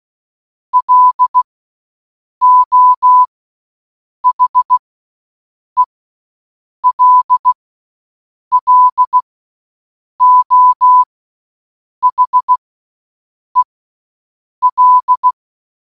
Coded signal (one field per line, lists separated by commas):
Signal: Morse code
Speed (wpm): 16 wpm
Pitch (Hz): 1000 Hz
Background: none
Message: LO HELLO HEL